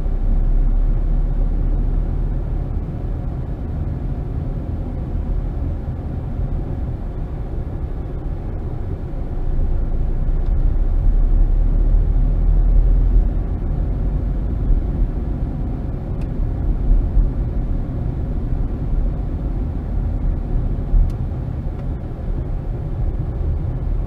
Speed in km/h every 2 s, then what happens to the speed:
23, 26, 24, 18, 16, 21, 27, 32, 32, 29, 23, 15.
3-8 slows to 16. 8-13 speeds up to 32. 16-24 slows to 15.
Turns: none.